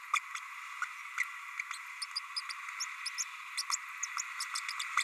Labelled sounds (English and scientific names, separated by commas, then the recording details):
Green-rumped Parrotlet (Forpus passerinus) babbling
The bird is a male
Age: 30 days
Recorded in a nest box in Venezuela
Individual 17B32A6